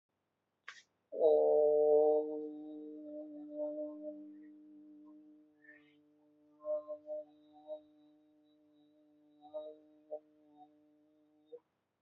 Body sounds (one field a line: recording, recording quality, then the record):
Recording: sustained vowel as in boot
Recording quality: excellent, no background noise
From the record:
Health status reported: exposed to COVID-19, no respiratory illness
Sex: male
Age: 29 years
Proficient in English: yes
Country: India